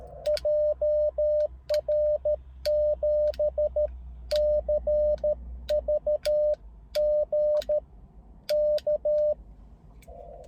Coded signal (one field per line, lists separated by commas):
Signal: Morse code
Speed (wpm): 13 wpm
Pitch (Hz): 600 Hz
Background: none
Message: JR7CVG K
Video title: モールス通信 CW 交信の様子【初心者】/ Morse Code QSO on 30m